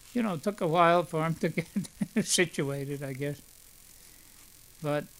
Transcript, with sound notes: you know, it took a while for them to get (he laughs) situated, I guess. But